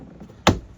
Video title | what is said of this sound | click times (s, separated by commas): How to remove the 3rd brake light on a 2019-2024 BMW 33i (DIY Guide) | There it goes. Snaps right in. | 0.5 s